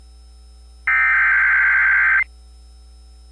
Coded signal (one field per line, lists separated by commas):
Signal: Emergency Alert System (SAME) tones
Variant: header bursts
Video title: ArkLaTex Wants More | EAS Alerts from January 18th, 2023 (EAS #2428-2437)